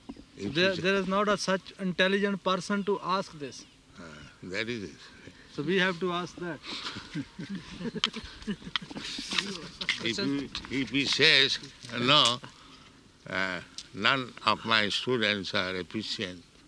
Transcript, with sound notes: There was not such intelligent person to ask this.
That is the... Say.
So we have to ask that. [laughter]
If he says, "No, none of my students are efficient,"